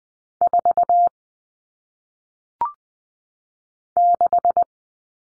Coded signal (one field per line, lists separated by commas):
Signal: Morse code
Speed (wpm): 20 wpm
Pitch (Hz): 700 Hz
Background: none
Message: 4 6